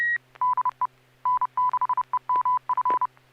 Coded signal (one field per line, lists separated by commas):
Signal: Morse code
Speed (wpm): 30 wpm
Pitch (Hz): 1000 Hz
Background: none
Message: DE N6EMF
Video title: N6NA SSTV Net - 12/29/2021